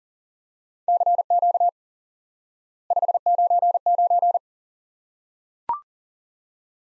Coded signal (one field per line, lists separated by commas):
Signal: Morse code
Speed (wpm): 37 wpm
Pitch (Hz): 700 Hz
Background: none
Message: CQ 599